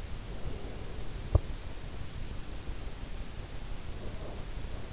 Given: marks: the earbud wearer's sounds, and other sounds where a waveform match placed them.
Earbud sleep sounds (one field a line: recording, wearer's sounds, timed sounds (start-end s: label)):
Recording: sounds in sleep by an in-ear microphone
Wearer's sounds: breath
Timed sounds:
0.33-1.22 s: breath
3.91-4.88 s: breath